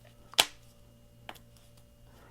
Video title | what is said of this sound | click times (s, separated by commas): Spigen Tough Armor for Galaxy Z Fold 3 Hand's On | It just seems to click in place. | 0.4 s